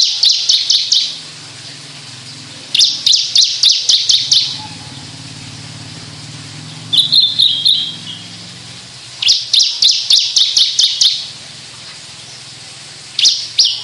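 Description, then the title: Javan bush lark song in rhythmic bursts of fast, repeated high chips, several per second, with short gaps and a buzzy phrase in the middle. Sundul langit, the skyward song flight. "Branjangan Sundul Langit"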